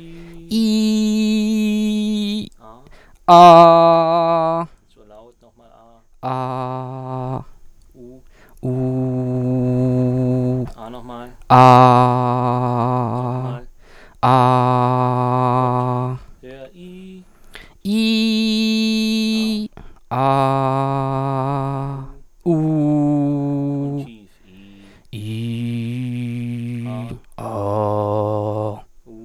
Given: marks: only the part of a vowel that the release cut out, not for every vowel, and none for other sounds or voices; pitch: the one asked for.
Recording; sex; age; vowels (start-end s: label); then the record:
sustained vowels; male; 20 to 29 years
0.71-2.34 s: vowel /i/, high pitch
20.48-21.94 s: vowel /a/, high pitch
22.58-23.84 s: vowel /u/, high pitch
25.34-26.72 s: vowel /i/, low pitch
27.57-28.68 s: vowel /a/, low pitch
From the record:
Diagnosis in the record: healthy voice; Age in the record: 26 years